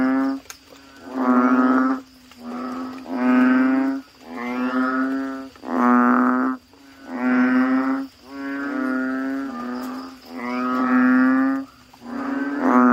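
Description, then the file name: Frog calls: nasal, harmonic moaning notes about a second long, given in overlapping runs by several callers over a steady low hum. "suara kodok bangkong"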